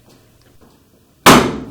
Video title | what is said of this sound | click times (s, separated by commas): GE Dryer Repair - Remove & Install Belt WE12M29 | You should just be able to get everything to line up, and it should snap in place pretty easy. | 1.3 s